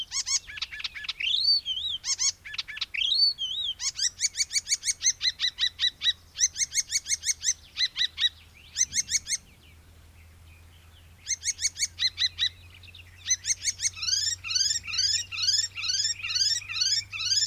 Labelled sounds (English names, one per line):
Icterine Warbler song